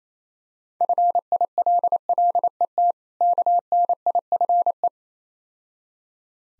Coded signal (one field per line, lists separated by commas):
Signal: Morse code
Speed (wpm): 30 wpm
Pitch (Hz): 700 Hz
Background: none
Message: FILLET KNIFE